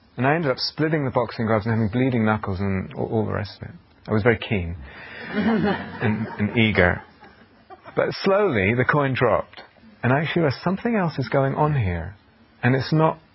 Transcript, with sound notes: And I ended up splitting the boxing gloves and having bleeding knuckles and all the rest of it. I was very keen. [laughter] And eager. But slowly, the coin dropped. And I realized, "Something else is going on here, and it's not